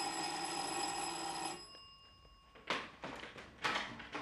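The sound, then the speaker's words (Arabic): A doorbell rings with a steady, buzzing metallic tone for about a second and a half, then cuts off, followed by two short rustling bursts. It is a neighbour ringing at a woman's home. “في يوم بعد ما خرج مسعود جوزها ضربت عليها الجرس.”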